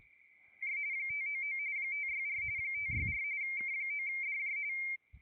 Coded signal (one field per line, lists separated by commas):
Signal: RTTY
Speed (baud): 45.45 baud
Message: 599 564 564 K9DJ